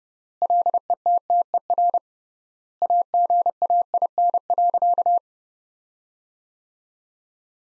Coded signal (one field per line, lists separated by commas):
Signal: Morse code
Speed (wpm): 30 wpm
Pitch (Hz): 700 Hz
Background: none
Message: LETTER AGAIN.